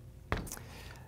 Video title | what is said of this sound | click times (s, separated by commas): Hatsan Hercules Bully PCP in .22 and .30 | pushing that button pull it up locks in place | 0.3 s